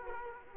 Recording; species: mosquito wingbeat signal from an infrared sensor; Culex quinquefasciatus